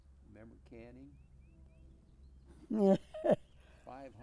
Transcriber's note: laughs